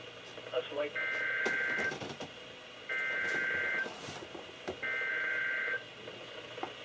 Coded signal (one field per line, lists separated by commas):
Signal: Emergency Alert System (SAME) tones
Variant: header bursts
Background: speech